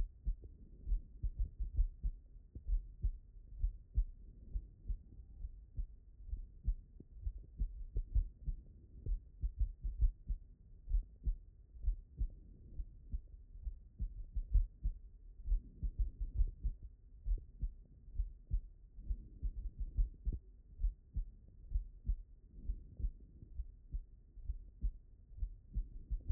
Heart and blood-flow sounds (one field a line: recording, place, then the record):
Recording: heart sounds by stethoscope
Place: pulmonary valve (PV)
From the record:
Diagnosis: non-HFrEF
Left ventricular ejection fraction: 68%